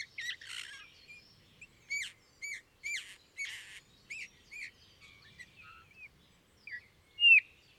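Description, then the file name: Eurasian bullfinch calling: a run of short, clear whistled notes, some hooked or downslurred, with a louder piping note at the end and quick high sweeps in between. "Pyrrhula pyrrhula"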